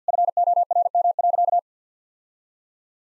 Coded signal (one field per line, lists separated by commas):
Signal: Morse code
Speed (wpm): 50 wpm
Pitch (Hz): 700 Hz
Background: none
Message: FORM.